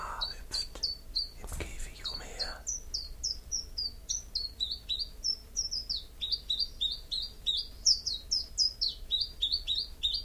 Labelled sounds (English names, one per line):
Common Chiffchaff